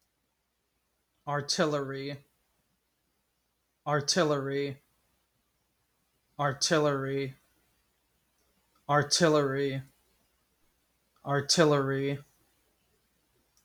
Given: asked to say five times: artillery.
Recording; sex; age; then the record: repeated word; male; 20 to 29 years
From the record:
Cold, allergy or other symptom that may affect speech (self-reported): no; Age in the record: 23 years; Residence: Illinois, United States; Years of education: 12